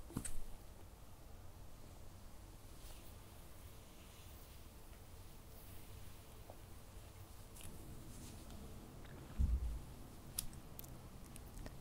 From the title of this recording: Cozy hair play + gentle face & shoulder touching